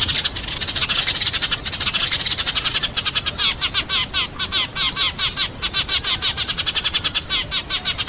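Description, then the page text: Eurasian tree sparrow chirping in a dense, fast run of short bright chips, then a steady series of rapid, evenly spaced chips, over background hiss. Call described as the 'nembak' style of the sparrow's voice. "suara burung gereja nembak"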